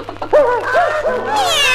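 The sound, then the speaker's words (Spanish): A human voice imitates a cat in a Spanish-language children's story, giving a short series of wavering, nasal meows that slide up and down in pitch, ending in a longer drawn-out mew, fairly loud and clear. “¡Miau!”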